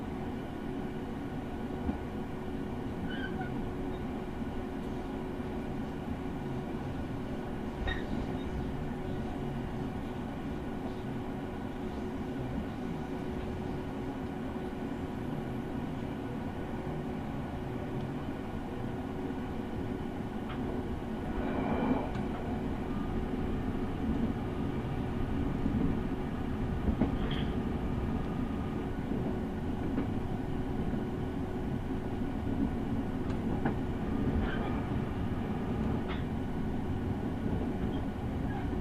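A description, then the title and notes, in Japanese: A train ride, heard as a steady low rumble and rattle of the rails that holds level for the whole stretch. A thin constant tone hums above it, and brief squeals and clinks break in around 8, 22, 27 and 34 seconds. 耳で楽しむ鉄道旅 日豊本線特急ソニック6号 柳ヶ浦→小倉。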